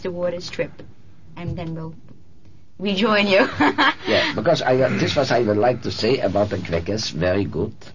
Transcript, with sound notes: Waters's trip and then we will rejoin you. (laughs)
Yes, because I -- this much I would like to say about the Quakers -- very good.